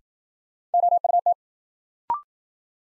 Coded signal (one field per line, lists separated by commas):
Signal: Morse code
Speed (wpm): 53 wpm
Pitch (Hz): 700 Hz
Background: none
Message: OUT